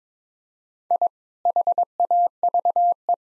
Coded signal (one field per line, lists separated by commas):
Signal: Morse code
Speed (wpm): 21 wpm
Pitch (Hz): 700 Hz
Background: none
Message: I HAVE